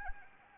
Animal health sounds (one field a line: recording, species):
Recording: mosquito wingbeat signal from an infrared sensor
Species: Anopheles arabiensis